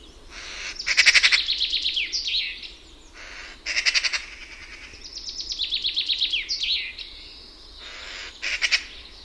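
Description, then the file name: Eurasian magpie giving harsh, rattling chatter in several bursts, mixed with quick series of descending scratchy notes, about four outbursts over nine seconds with quiet gaps between. Finland. "HARAKKA"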